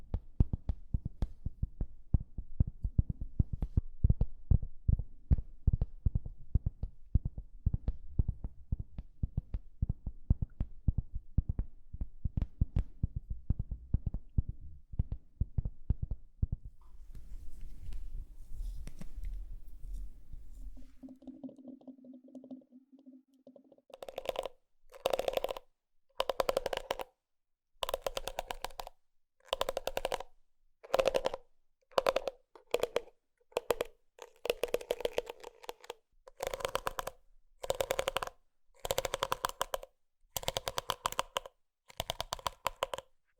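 Makeup sounds: dense rapid low tapping for twenty seconds, a brief hum, then a regular series of bright brushing strokes about once per second.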